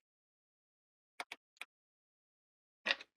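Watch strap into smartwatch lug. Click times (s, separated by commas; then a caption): 1.2 s. A replacement strap is pushed onto the lug of a rugged Carbinox Blaze smartwatch until its quick-release pin catches, with a sharp click at 1.2 s followed by two lighter ticks at about 1.3 s and 1.6 s. A louder, broader rattle follows around 2.9–3.0 s, and the strap is seated.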